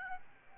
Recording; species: mosquito wingbeat signal from an infrared sensor; Aedes albopictus